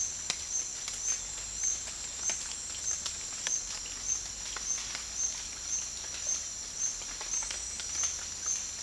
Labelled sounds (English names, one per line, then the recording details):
none
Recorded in dense forest near Puerto Asís, Putumayo, Colombia, on 12 March 2025 at 09:30
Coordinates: 0.484, -76.317
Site G064